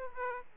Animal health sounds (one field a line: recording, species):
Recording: mosquito wingbeat signal from an infrared sensor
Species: Aedes aegypti